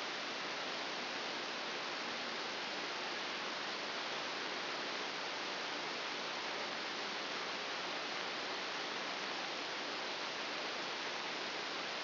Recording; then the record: brain microelectrode recording played as sound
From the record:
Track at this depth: inside the subthalamic nucleus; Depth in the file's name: 4.801 mm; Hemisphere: right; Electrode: 2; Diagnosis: Parkinson's disease